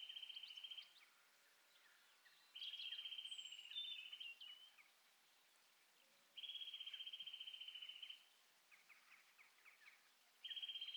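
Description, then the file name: Eurasian nuthatch calls: faint, rapid, even trills repeated every few seconds, with scattered soft chirps between them. "Sitta europaea"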